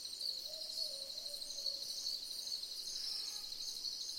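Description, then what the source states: Boobook owl calling several soft, low hoots early on, against a constant ringing insect drone. Several boobook owls calling together in a chorus.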